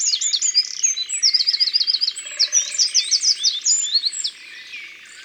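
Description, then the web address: Eurasian wren song, a loud rapid tumbling series of high notes and fast trills lasting about four seconds before stopping abruptly. "Troglodyte mignon. abc de la nature"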